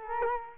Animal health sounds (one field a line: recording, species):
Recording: mosquito wingbeat signal from an infrared sensor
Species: Culex quinquefasciatus